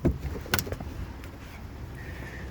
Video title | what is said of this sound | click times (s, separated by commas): 2020 VW Tiguan 2.0T S FWD | and then it snaps back in place. Let's climb out here. | 0.5 s